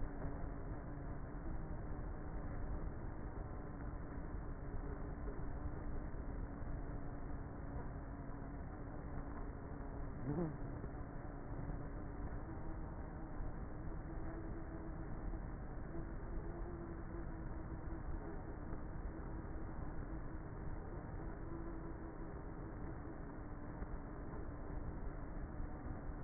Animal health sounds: honeybee colony, microphone inside the hive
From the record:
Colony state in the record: queenless with a low population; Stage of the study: before two queens were removed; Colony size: about 30,000 bees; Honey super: no

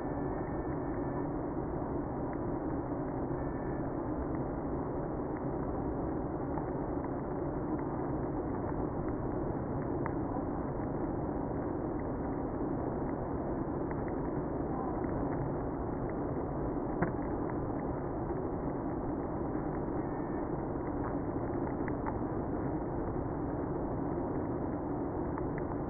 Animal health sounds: honeybee colony, microphone inside the hive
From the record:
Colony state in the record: queenless (queen removed); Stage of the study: after two queens were removed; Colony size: about 60,000 bees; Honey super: yes

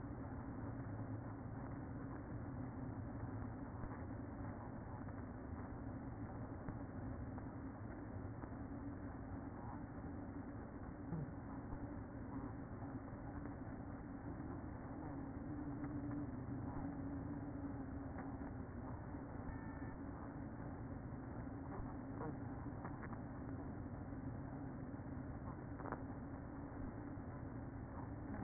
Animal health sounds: honeybee colony, microphone inside the hive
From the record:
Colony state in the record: queen present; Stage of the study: after two queens were removed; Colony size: about 60,000 bees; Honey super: yes

